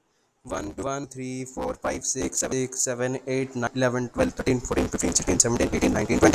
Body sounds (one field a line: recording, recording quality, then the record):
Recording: counting at a normal pace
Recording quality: excellent, no background noise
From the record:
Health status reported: respiratory illness, not identified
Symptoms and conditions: none ticked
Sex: male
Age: 21 years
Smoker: not ticked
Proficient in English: yes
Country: India